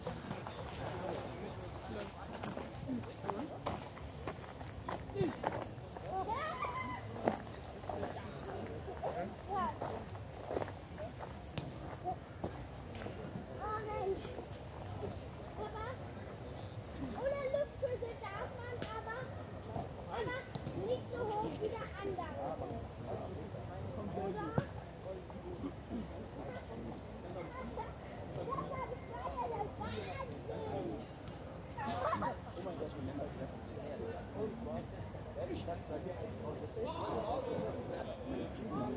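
People pass by in Munich's Englischer Garten, with overlapping fragments of conversation filling the whole 39 seconds. Voices rise and fall steadily over a constant low murmur, punctuated by occasional sharp knocks and thuds around 3, 17, 25 and 32 seconds.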